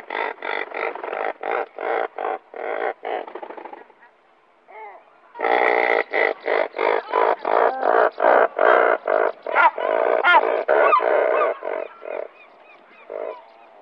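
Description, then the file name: Razorbill giving harsh, grating growls in a steady pulsed series, about three per second, pausing briefly midway before resuming in a louder, longer run. "Tordmule"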